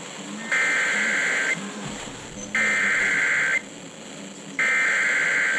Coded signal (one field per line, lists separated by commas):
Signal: Emergency Alert System (SAME) tones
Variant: header bursts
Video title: One too many watches... | EAS #530-557 (Severe Weather Alerts from 5/26-27/2024)